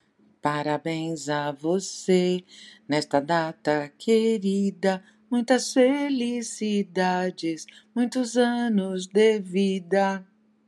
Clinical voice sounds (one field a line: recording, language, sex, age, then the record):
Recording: short text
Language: Brazilian Portuguese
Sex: female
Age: 60 to 69 years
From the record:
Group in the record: control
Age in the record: 61 years